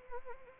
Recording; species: mosquito wingbeat signal from an infrared sensor; Anopheles arabiensis